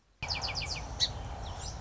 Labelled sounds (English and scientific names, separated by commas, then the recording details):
Song Sparrow (Melospiza melodia)
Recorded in Sonoma County, California